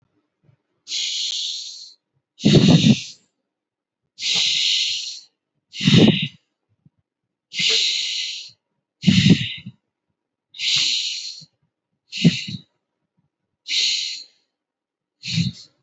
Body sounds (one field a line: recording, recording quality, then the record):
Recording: deep breathing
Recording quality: excellent, no background noise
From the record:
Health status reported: healthy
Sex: male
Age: 28 years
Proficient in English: yes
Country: India